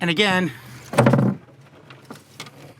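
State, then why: Seated. Someone talks, then the side transom door of a Chris Craft Launch 35 GT boat is closed again, giving a loud sharp hit at 0.99 s as it latches into the boat's transom. Quieter knocks follow, and the door is locked in place.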